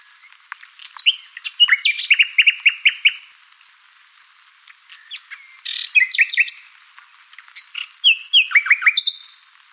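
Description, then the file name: Common nightingale song in three rich bursts of rapid repeated notes, sharp chirps and whistled trills, with short pauses between. "Luscinia megarhynchos"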